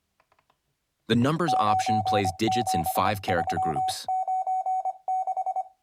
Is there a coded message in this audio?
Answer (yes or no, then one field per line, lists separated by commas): yes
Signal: Morse code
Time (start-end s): 1.5-5.6 s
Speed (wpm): 24 wpm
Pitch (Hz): 750 Hz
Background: speech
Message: 97396